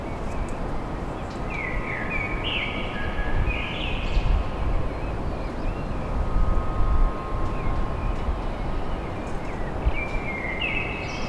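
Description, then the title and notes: Common blackbird singing short warbled phrases with slurred notes and high twittery tails, under heavy low traffic rumble and a faint steady hum. Recorded at dawn in Paris. "Blackbird Poetry At Paris On. Enregistrement d'un chant de merle à l'aube dans Paris"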